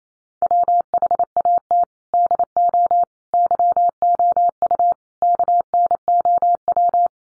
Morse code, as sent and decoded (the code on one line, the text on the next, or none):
.-- .... .- - / -.. --- / -.-- --- ..- / -.- -. --- .--
WHAT DO YOU KNOW